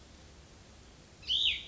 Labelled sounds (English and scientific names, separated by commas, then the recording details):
Cassin's Vireo (Vireo cassinii)
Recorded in Sonoma County, California